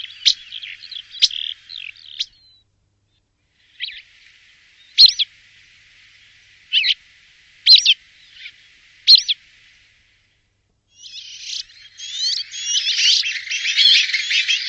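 Bird calls: short sharp chirps and clicks in small groups separated by silences, then a dense burst of scratchy, twittering notes in the final seconds.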